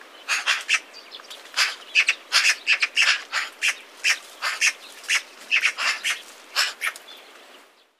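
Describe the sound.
Eurasian magpie chattering: harsh, rattling chacks in quick uneven bursts.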